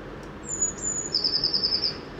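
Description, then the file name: Eurasian blue tit: a high, thin drawn-out note, then a brisk trill of even pulses, against soft low hiss. "Cyanistes caeruleus"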